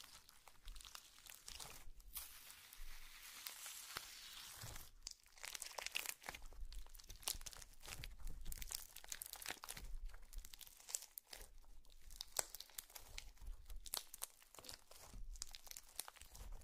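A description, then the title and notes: Sticky, crackling slime sounds with bursts of crinkling and tearing texture, bright and dense, broken by short silent gaps every second or so. The handling is irregular, with occasional sharper crunches and low thumps underneath. Some various mixed sounds. Slime Sounds.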